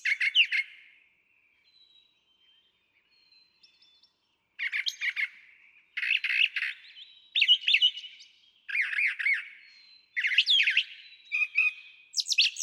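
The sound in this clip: Brown Thrasher song: short, varied phrases of rich chirps and slurred notes, several given in quick pairs, with a long quiet stretch early on.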